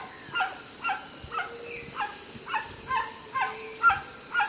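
White-winged guan giving repeated coarse, nasal honks at about two per second, with a steady high hum behind.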